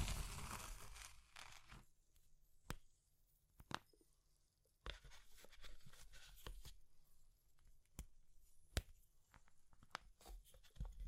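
Crisp crushing and crumbling of soft, brittle material, with a dense crunch at the start, then scattered sharp snaps and gritty bursts.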